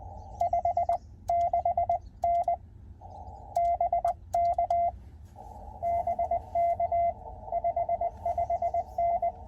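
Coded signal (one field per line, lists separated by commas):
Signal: Morse code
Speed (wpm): 20 wpm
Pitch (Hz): 690 Hz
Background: radio noise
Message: 56N BK BK 55N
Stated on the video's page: CW Parks on the Air activation at a state park.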